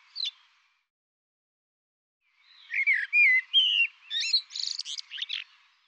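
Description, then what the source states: Bird song: one short high note, a pause, then a long varied phrase of whistled slurs, chirps and a brief buzzy trill, all high-pitched, with no other sounds. Labelled 'Tu Me Tu Me'; 2025 dataset.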